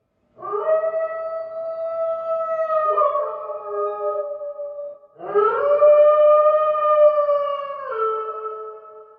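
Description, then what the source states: Wolf howls: two long, steady tones, each stepping down in pitch partway through. Several wolves.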